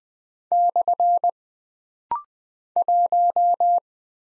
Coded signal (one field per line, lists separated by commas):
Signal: Morse code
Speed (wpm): 20 wpm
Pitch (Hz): 700 Hz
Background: none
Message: / 1